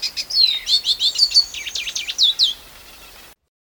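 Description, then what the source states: Lesser Goldfinch song, a quick jumble of high twittering and slurred notes lasting about two and a half seconds, then silence. Song example containing call notes.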